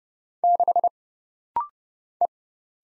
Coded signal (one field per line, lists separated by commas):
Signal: Morse code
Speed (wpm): 31 wpm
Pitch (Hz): 700 Hz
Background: none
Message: 6 E